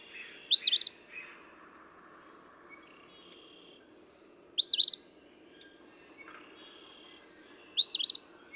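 Eastern phoebe giving three sharp, buzzy song phrases several seconds apart, each a quick up-and-down sweep, with faint soft notes in between.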